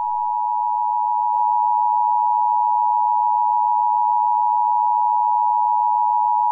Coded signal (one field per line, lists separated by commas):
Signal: Emergency Alert System (SAME) tones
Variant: 853 and 960 Hz attention tone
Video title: Emergency Alert System